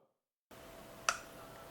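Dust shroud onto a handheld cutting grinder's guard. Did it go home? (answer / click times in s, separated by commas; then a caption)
yes / 1.1 s. A plastic dust collection shroud for a Makita DMC300 3-inch handheld cutting grinder is fitted over the blade guard and turned counterclockwise against a steady background hiss that starts at about 0.5 s. A single sharp click at 1.1 s marks the shroud twist-locking into place, and it is seated.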